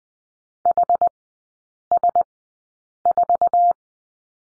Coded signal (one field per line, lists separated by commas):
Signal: Morse code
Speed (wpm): 19 wpm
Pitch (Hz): 700 Hz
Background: none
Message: HS4